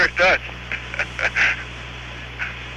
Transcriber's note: laughter